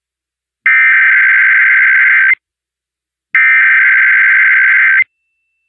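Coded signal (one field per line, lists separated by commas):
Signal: Emergency Alert System (SAME) tones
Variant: header bursts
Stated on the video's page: Captures of Required Monthly Tests from West Virginia, Albany NY and Illinois.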